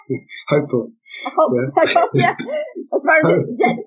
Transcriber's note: laughter